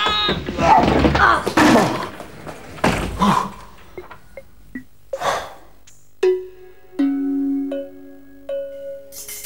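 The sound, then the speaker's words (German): A jammed door is forced open with several heavy thuds and rattling bangs, then a series of high, drawn-out creaks and squeals as it grinds free. “Hilf mir mal. Die Tür klemmt nämlich.”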